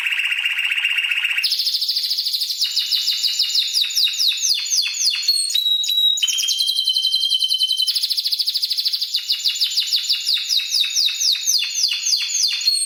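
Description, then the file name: Canary song, a long varied sequence of rapid trills, sharp repeated chips and rolling phrases changing pitch every few seconds. "Canary Singing"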